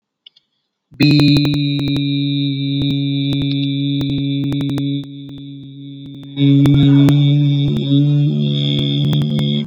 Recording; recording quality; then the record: sustained vowel as in beet; moderate, slight background noise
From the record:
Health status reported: healthy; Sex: male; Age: 33 years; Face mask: not worn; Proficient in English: yes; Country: India